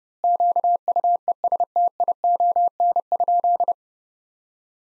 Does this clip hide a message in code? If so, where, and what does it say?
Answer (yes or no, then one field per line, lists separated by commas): yes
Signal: Morse code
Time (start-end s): 0.2-3.7 s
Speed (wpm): 32 wpm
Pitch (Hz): 700 Hz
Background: none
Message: QUESTION?